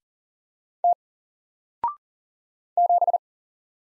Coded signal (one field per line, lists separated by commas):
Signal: Morse code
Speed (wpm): 40 wpm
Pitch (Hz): 700 Hz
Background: none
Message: T 7